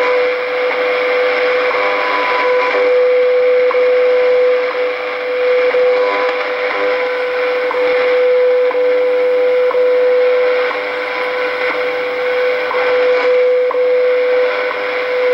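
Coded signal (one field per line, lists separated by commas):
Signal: radio time signal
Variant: WWV with WWVH underneath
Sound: steady mid-pitched tone interrupted by short clicks every second over hissy static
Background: shortwave radio static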